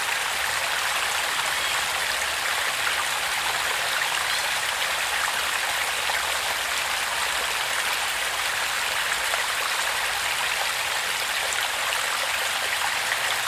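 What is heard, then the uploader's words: Water trickles over stones into a small creek, a steady, dense, bright rush and hiss that holds constant throughout with no distinct events. HIDDEN CREEK. A tiny well brings crystal clear water right from the mountains into our hands. The water finds its way through stones and flows into a little creek, that meanders through a little forest. Guarded by oak trees.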